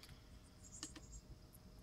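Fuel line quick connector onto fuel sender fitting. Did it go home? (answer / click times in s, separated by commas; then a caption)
yes / 0.8 s. A fuel line quick-connect fitting is pushed onto the fuel pump sender fitting of a Racetronix FPA-001A fuel pump install for a 1999–2002 F-body, with its locking tab lined up with the release slot. A very small, faint positive click comes at 0.8 s, among a few softer ticks over a low background hum. The connector seats and locks in place.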